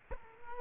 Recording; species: mosquito wingbeat signal from an infrared sensor; Culex quinquefasciatus